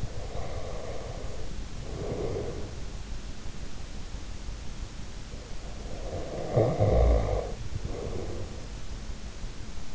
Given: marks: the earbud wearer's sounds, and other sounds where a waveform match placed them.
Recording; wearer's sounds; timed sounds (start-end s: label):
sounds in sleep by an in-ear microphone; breath, snoring breath
0.00-2.99 s: breath
5.78-8.84 s: snoring breath